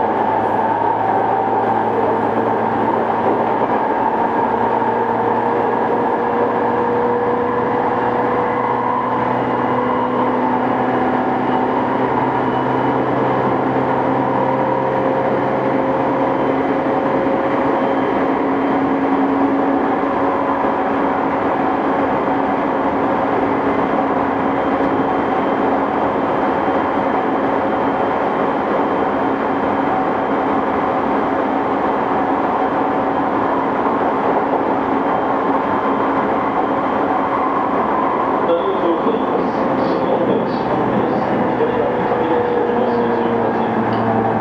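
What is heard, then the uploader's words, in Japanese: Inside a commuter train running between two stations, a steady, dense rolling rumble fills the whole clip. Motor whine holds a few humming tones that drift slowly in pitch, and near the end, around 38 seconds, brief brighter rattles and clicks join the din. 東京臨海高速鉄道70–000形 新木場〜東京テレポート。東急お台場パスで乗車した時に録音しました。ICレコダーでの録音です。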